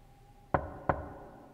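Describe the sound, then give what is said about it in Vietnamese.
Two sharp knocks on a kitchen door, spaced a little apart, each a hollow thud with a quick decay, against a faint steady hum and no voices. “Anh nheo mắt nhìn về hướng cánh cửa, tiếng gõ cửa vẫn cứ vang lên, ngắt quãng.”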